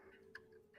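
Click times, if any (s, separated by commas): 0.4 s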